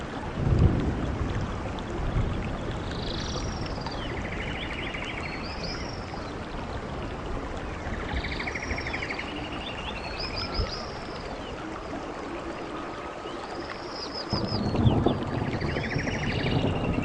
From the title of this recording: Forest Sounds with Rain Vibration